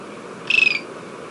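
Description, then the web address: Cinnamon-breasted tody-tyrant giving a single brief, buzzy, slightly descending note over a soft steady background hiss. Ecuador. "Birds of Ecuador 3. Cinnamon-Breasted Tody-Tyrant"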